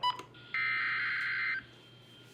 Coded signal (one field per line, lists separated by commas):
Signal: Emergency Alert System (SAME) tones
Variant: header bursts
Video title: FIRST UNINTENTIONAL DXING ALERT (no clickbait) 10/2/18 Alert Compilation (EAS 1086-1119)